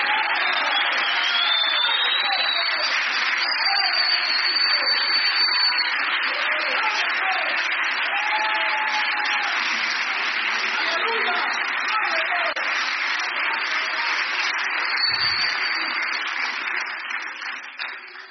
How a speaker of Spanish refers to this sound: Dale un aplauso al Señor Jesucristo.